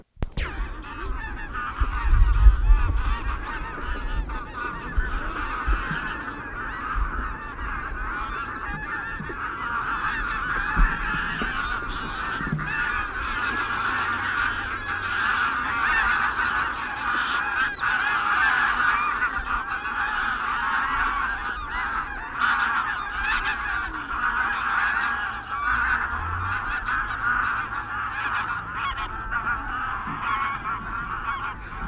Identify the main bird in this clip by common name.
Greylag Goose